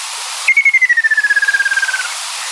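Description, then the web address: Ruddy kingfisher call, a single long descending whistled trill, sliding steadily down over about one and a half seconds, with faint background hiss. "sikioto. akasyoubin"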